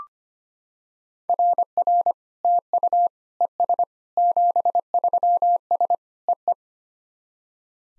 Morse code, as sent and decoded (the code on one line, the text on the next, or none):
.-. .-. / - ..- / . ... / --... ...-- ... / . .
RR TU ES 73S EE